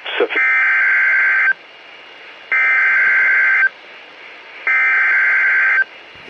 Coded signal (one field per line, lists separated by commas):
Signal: Emergency Alert System (SAME) tones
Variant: header bursts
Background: speech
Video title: Severe Weather Statement (EAS #31)